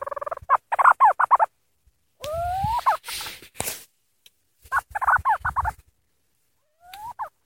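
Bird calls: two rapid clusters of gobbling notes, separated by a rising yelp with noisy bursts, and a faint final rising note.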